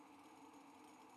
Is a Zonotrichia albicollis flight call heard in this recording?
no